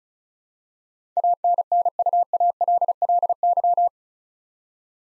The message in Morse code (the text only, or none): ANNUALLY